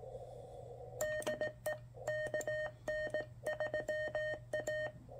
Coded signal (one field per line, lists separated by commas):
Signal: Morse code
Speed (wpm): 18 wpm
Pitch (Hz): 610 Hz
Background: none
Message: DE KN3A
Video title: Venus SW-3C QRP QSO's